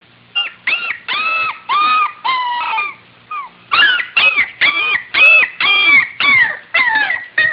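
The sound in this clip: Dog: puppy whining and crying: a string of high, wavering whimpers, about two per second with brief pauses.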